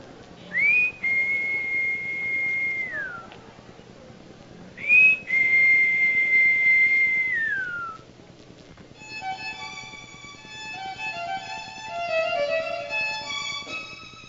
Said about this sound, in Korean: 인터폰을 대고 휘파람을 붑니다. 자신과 아이들만이 아는 신호지요.